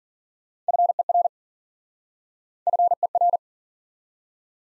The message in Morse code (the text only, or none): FER FER